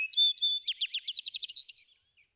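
Vesper sparrow song beginning mid-phrase with bright notes, then a rapid tumbling series of trilled chips that ends abruptly, over silence.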